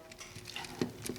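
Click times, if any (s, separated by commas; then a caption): none. A stripped blade drive screw in the plastic front motor mount of an Andis clipper is turned over and over, giving light ticking and patter sounds as it spins freely. It never gets tighter, and nothing seats or clicks.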